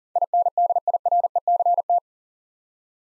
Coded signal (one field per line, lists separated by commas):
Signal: Morse code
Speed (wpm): 40 wpm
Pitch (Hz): 700 Hz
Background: none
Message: INDIRECT